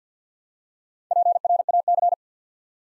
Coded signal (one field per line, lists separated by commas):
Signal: Morse code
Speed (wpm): 50 wpm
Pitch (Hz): 700 Hz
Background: none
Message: PRAC